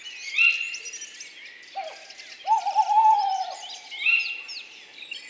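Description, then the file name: Tawny owl hoot, a long wavering mid-pitched note held for about a second, amid a busy chorus of high whistling and chirping songbirds. "Chouette hulotte"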